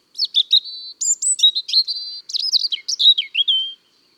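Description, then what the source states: European robin song, a rapid run of thin, high, warbled phrases with sliding whistles and quick trills, pausing briefly near one second and again past two seconds. Recorded in January.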